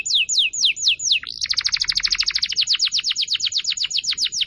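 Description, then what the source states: Atlantic canary song: a few slow falling whistles, then a fast, steady series of sharp repeated notes. Canary song used as a lure to attract birds.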